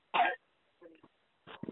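One harsh, forceful cough from an adult, then softer throaty sounds and a second weaker cough-like burst; a long-lasting cough that will not go away.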